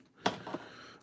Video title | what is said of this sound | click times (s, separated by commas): Valaverse Action Force Wave 2B Review | just do it in one fluid motion push push really hard and just go pop and it'll pop right in | 0.3 s